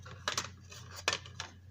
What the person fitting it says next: it just snaps in place